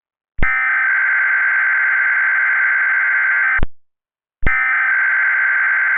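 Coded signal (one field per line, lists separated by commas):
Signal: Emergency Alert System (SAME) tones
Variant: header bursts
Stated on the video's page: Fictional EAS scenario containing valid EAS tones.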